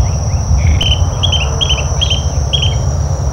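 Bird chirps, short bright double notes repeated about twice a second, over a steady thin high whine and low rumble.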